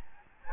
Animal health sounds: mosquito wingbeat signal from an infrared sensor; Aedes albopictus

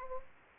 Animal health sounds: mosquito wingbeat signal from an infrared sensor; Anopheles gambiae

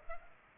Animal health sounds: mosquito wingbeat signal from an infrared sensor; Culex pipiens

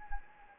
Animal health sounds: mosquito wingbeat signal from an infrared sensor; Anopheles gambiae

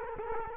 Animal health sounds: mosquito wingbeat signal from an infrared sensor; Culex quinquefasciatus

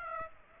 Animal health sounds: mosquito wingbeat signal from an infrared sensor; Aedes aegypti

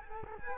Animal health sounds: mosquito wingbeat signal from an infrared sensor; Culex quinquefasciatus

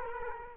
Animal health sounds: mosquito wingbeat signal from an infrared sensor; Culex quinquefasciatus

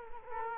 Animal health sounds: mosquito wingbeat signal from an infrared sensor; Culex quinquefasciatus

